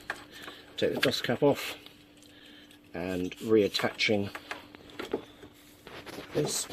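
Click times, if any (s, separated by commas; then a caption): none. A fuel line quick-connector is lined up on the fuel filter outlet, ready to be pushed home, while someone talks. Brief handling taps and small knocks are heard around the speech, including a sharp tap near 0.1 s. Nothing has seated or clicked yet.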